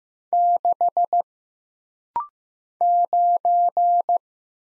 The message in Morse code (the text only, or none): 6 9